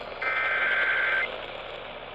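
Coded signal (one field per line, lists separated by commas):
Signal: Emergency Alert System (SAME) tones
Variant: header bursts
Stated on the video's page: Severe thunderstorm warning alert aired on AM radio station at 1130 kHz.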